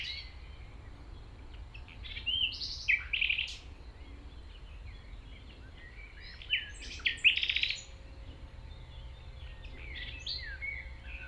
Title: 195 Rue de Vars, 73310 Chindrieux, France - approche d'un rossignol